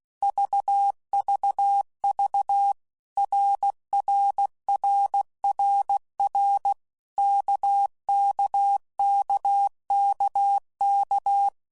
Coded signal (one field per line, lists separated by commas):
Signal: Morse code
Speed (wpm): 16 wpm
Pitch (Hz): 800 Hz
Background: none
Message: VVV RRRRR KKKKK